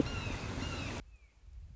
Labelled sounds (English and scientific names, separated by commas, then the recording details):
Red-shouldered Hawk (Buteo lineatus)
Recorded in Sonoma County, California